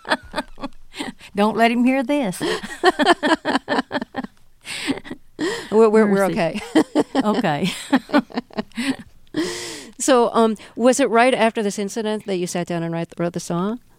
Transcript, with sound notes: Don't let him hear this.
(LAUGHTER)
We're OK.
OK.
(LAUGHTER)
So was it right after this incident that you sat down and wrote the song?